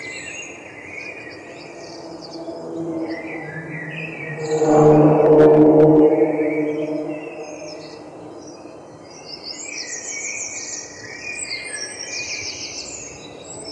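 A dawn chorus in the city, with many birds chirping and trilling at once in thin, bright phrases that overlap throughout. Around the fourth to seventh second a low humming rumble swells up and fades, like a vehicle passing.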